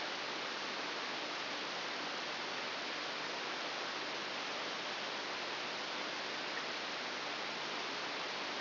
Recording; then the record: brain microelectrode recording played as sound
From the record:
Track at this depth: inside the subthalamic nucleus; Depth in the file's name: 1.007 mm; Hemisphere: right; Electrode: 3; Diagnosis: Parkinson's disease